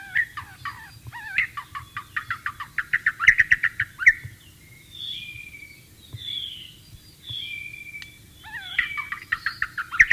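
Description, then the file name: White-rumped shama song with a rapid series of sharp downslurred chirps, a pause of softer whistles, then more quick chirping. "suara burung murai batu di alam liar"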